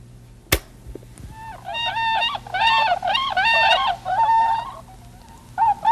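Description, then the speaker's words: Whistling Swan giving several bursts of loud, even-pitched calls separated by short pauses, over a low steady hum. Recording played back to show how real swans sound. "Well, now, the first sound you'll hear will be the sound of a whistling swan."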